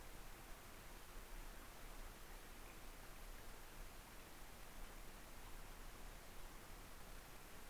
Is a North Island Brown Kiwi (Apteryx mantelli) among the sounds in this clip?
no